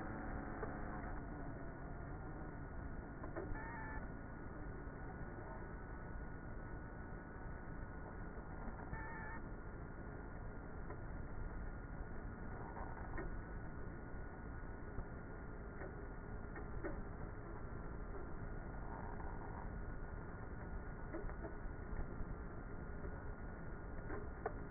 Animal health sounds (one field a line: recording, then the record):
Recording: honeybee colony, microphone inside the hive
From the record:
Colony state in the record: queenless with a low population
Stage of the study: before two queens were removed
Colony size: about 30,000 bees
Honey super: no